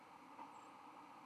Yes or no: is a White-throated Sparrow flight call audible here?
no